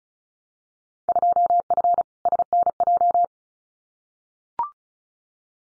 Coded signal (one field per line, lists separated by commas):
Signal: Morse code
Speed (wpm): 34 wpm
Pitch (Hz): 700 Hz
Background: none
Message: 2F SNJ